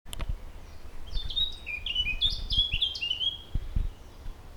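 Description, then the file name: Eurasian blackcap song, a quick warbled phrase of clear, sliding high notes running for about three seconds over low rumbling background noise. "Sylvia atricapilla"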